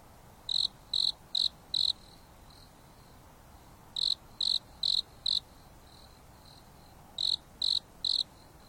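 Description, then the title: Insect calling with rapid sets of four high chirps, sets returning every few seconds, a faint echoing chirp between them and low hiss. Insects singing at night on a mountain top under a starry sky, with a gentle breeze blowing. "There is a gentle breeze blowing on the top of the mountain under the starry sky, and the insects are singing leisurely."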